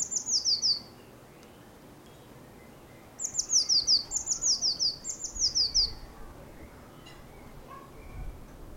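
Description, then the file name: Eurasian blue tit giving rapid series of high, sharp, falling notes: a short burst at the start, then a longer run after a pause. "Cyanistes caeruleus"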